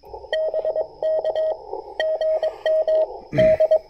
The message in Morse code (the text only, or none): BK GM D